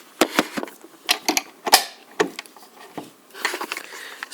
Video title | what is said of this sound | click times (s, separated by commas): Ryobi 18 v One + Battery Charger The Good And Bad | so if you heard that click that was it going inside now | 0.2 s